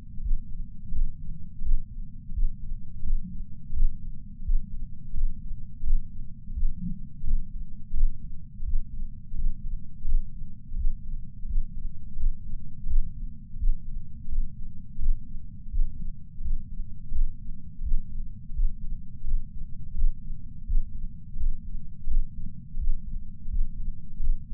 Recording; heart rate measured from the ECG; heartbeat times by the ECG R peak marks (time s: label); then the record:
heart sounds by patch sensor on the chest; 85 bpm
0.20 s: heartbeat
0.91 s: heartbeat
1.61 s: heartbeat
2.32 s: heartbeat
3.03 s: heartbeat
3.72 s: heartbeat
4.43 s: heartbeat
5.13 s: heartbeat
5.83 s: heartbeat
6.52 s: heartbeat
7.23 s: heartbeat
7.93 s: heartbeat
8.63 s: heartbeat
9.34 s: heartbeat
10.05 s: heartbeat
10.74 s: heartbeat
11.45 s: heartbeat
12.16 s: heartbeat
12.86 s: heartbeat
13.57 s: heartbeat
14.28 s: heartbeat
14.99 s: heartbeat
15.69 s: heartbeat
16.41 s: heartbeat
17.11 s: heartbeat
17.81 s: heartbeat
18.53 s: heartbeat
19.24 s: heartbeat
19.94 s: heartbeat
20.64 s: heartbeat
21.36 s: heartbeat
22.07 s: heartbeat
22.77 s: heartbeat
23.49 s: heartbeat
24.20 s: heartbeat
From the record:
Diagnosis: coronary artery disease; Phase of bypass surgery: postoperative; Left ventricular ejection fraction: 60%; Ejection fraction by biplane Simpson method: 61.8%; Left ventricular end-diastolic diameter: 47 mm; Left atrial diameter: 40 mm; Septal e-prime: 4.5 cm/s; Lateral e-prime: 6.3 cm/s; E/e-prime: 20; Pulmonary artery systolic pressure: 28 mmHg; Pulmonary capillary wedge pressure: 14 mmHg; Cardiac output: 5.9 L/min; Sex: male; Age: 62 years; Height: 165 cm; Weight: 72 kg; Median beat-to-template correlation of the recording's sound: 0.87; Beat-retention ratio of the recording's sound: 1.00